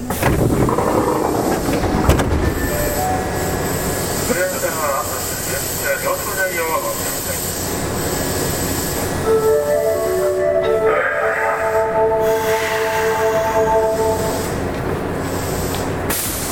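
A Kintetsu 7000 series train runs steadily with a dense, constant rumble and rattling wheels. Around the middle, a rising whine sets in and holds as steady tones from roughly nine to fifteen seconds. A sharp clack comes near two seconds.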